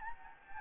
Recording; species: mosquito wingbeat signal from an infrared sensor; Anopheles gambiae